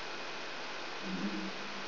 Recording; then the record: brain microelectrode recording played as sound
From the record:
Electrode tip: outside the subthalamic nucleus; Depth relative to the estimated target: -4 mm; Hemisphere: right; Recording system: AlphaMap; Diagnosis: Parkinson's disease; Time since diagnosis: 13 years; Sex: male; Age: 62 years